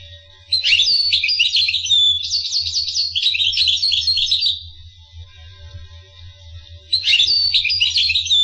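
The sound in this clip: Finch song, about four seconds of rapid high twittering and trills, a pause with faint hum, then another twittered phrase starts.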